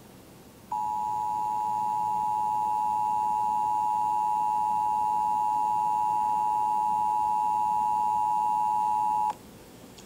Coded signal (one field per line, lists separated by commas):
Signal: Emergency Alert System (SAME) tones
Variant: 853 and 960 Hz attention tone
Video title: 97.5 WOKQ EAS Required Monthly Test July 8, 2022